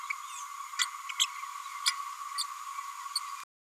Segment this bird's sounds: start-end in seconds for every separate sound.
0.79-0.85, 1.19-1.26, 1.86-1.91, 2.38-2.44, 3.15-3.19